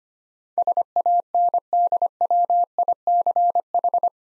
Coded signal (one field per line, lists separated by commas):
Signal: Morse code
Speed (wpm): 25 wpm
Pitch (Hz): 700 Hz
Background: none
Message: SANDWICH